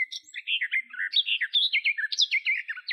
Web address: Sylvia borin